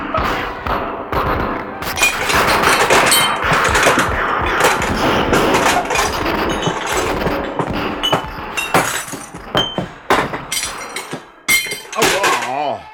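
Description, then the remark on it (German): Loud, sustained submachine gun fire in rapid bursts shoots up glass jars of preserves, which shatter and clink throughout. It eases into scattered crashes and tinkling shards near the end while voices sound amid the din. “Ach, das ganze Eingemachte haben sie zerschossen. Barbaren. Sie haben die Maschinenpistole neu geladen. Der Tanz geht wieder los.”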